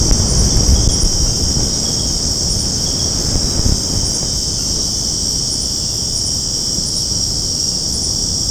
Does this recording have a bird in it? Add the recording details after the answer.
no. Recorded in secondary vegetation near Puerto Asís, Putumayo, Colombia, on 21 February 2024 at 00:00. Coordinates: 0.489, -76.322. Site G6419